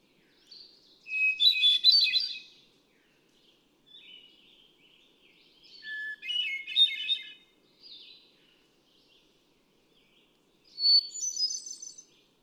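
Hermit thrush song: three separate phrases about five seconds apart, each opening on a pure held whistle, then breaking into fluty, swirling higher notes, with soft warbling in the gaps.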